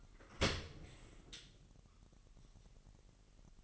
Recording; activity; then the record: daily activity, microphone in the room; open dishwasher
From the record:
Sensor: 4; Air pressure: 1001.4 hPa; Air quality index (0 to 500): 248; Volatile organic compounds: 42 ppm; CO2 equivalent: 3188 ppm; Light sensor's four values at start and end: 8/17/7/6 and 8/17/6/6